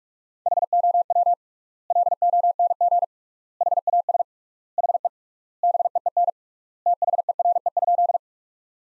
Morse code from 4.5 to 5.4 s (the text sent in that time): HE